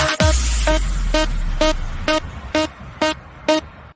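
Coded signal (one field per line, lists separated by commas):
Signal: none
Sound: electronic music beeps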